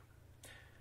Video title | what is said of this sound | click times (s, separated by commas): Step 2 - IBC Rainwater Harvesting System - Adapters and Foundation | and lock into place by pulling two small metal bars back | 0.4 s